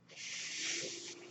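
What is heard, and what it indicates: A steady, breathy hiss of rushing air lasts about one second, then fades out. It is airflow from a personal mechanical ventilator delivering a breath.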